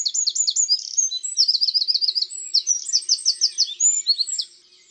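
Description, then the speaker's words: Eurasian Wren song, a sustained, strident stream of very high rapid notes and trills lasting over four seconds, then fading out. Long, strident song phrase. "La strophe du troglodyte est longue et son chant strident."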